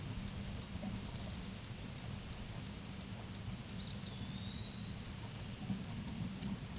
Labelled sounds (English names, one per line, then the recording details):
Eastern Wood-Pewee song
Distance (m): 55 m
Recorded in a Pennsylvania forest on 18 May 2023 at 13:39
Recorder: AudioMoth, point grid1_35_low
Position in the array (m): 203 m, 175 m